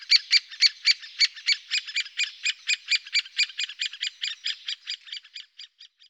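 Great spotted woodpecker calls, sharp high notes rapidly repeated in a steady series, weakening toward the end.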